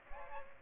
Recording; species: mosquito wingbeat signal from an infrared sensor; Aedes aegypti